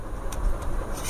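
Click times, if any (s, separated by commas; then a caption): none. A DJI Mini 4K drone battery is handled at the port of a plastic battery charging hub, with a brief sharp tick at 0.3 s over a low, steady rumble. The clip ends before the battery goes in, so nothing has seated or clicked yet.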